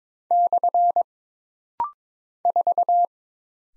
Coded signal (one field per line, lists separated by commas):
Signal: Morse code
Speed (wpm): 22 wpm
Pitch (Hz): 700 Hz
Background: none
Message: / 4